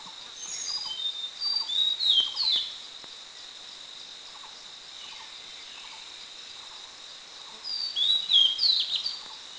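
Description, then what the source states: Oriental magpie-robin giving bright, sweeping whistled phrases in two bursts, with a rhythmic insect chirping pulsing throughout and a steady high insect hum. Mishmi, India.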